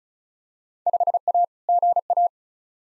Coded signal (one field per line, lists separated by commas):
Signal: Morse code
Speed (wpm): 34 wpm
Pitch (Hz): 700 Hz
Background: none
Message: 5A GA